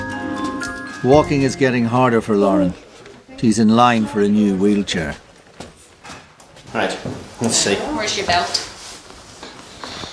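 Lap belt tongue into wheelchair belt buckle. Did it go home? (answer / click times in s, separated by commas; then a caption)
no / none. A carer looks for a wheelchair lap belt and handles its tongue toward the plastic buckle while someone talks. Short handling knocks are heard at about 5.6, 6.4 and 9.8 seconds. The clip ends before the tongue goes into the buckle, so nothing has seated or clicked yet.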